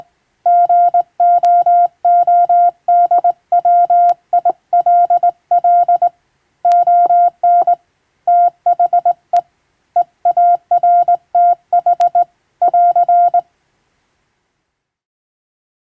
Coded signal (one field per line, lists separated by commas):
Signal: Morse code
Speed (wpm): 20 wpm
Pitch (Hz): 700 Hz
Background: none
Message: GOODWILL ON THE EARTH <AR>